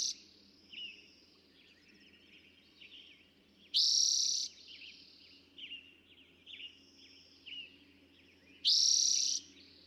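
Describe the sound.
Eastern towhee: the end of a strong trill at the start, then two more about five seconds apart, with scattered soft chirps between.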